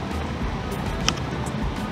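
A plastic trim tab held in the fender assembly of a 2014–2019 Toyota Highlander is lifted up and pulled back during fender removal. It lets go with a single sharp snap at 1.0 s... correction, at 1.1 s (1.08 s), standing out over a steady, dense background hum. The tab releases and pops free.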